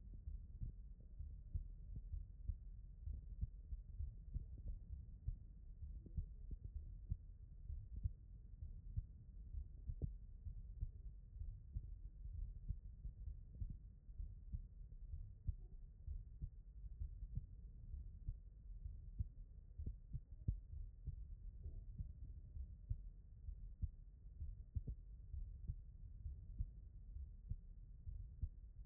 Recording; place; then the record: heart sounds by stethoscope; aortic valve (AV)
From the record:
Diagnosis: non-HFrEF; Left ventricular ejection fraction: 67%